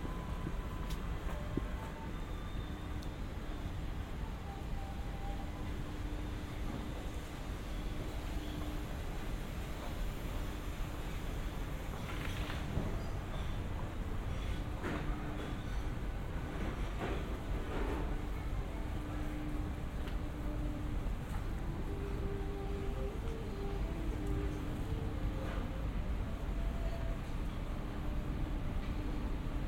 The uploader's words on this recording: Yokohama China town in Japan 横浜中華街 【3D AUDIO】. Let's take a walk together around Yokohama China town in Japan!